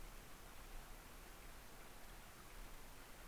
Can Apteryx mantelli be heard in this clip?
no